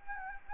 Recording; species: mosquito wingbeat signal from an infrared sensor; Anopheles gambiae